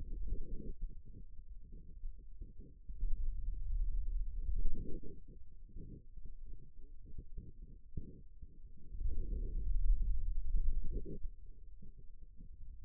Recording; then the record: forearm muscle sounds (acoustic myography)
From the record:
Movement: pen grasping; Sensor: system 2, bracelet of six BSWA MPA416 microphones around the upper forearm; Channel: 3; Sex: male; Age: 22 years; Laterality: right